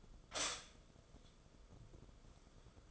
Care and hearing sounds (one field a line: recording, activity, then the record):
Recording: daily activity, microphone in the room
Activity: stop toaster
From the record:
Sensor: 5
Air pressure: 994.5 hPa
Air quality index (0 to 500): 186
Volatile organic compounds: 1000 ppm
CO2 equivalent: 5445 ppm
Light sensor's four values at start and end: 43/131/51/56 and 43/132/51/56